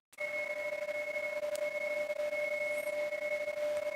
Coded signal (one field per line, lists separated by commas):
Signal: PSK31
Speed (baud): 31.25 baud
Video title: PSK31 with the FTDX10 and FLDIGI 6-5 2026